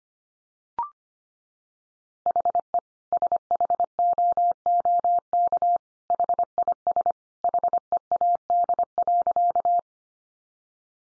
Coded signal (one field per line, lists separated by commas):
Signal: Morse code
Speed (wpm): 25 wpm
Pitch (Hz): 700 Hz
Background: none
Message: HE SHOOK HIS HEAD.